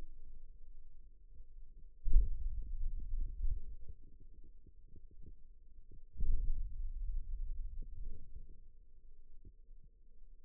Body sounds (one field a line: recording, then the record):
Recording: forearm muscle sounds (acoustic myography)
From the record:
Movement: hand opening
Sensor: system 2, bracelet of six BSWA MPA416 microphones around the upper forearm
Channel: 4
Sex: male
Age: 22 years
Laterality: right